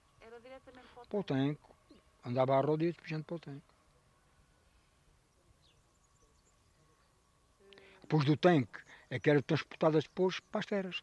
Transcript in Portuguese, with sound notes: Era directamente para o tanque?
Para o tanque. Andava à roda e ia despejando para o tanque. [pausa] Depois, do tanque, é que era transportadas depois para as terras.